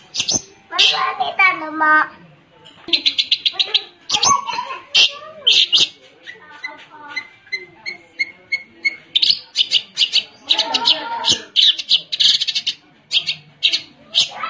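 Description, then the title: Long-tailed shrike song, varied: harsh chatters, rapid trills and buzzy phrases change constantly. Combination song. "Cendet Kombinasi"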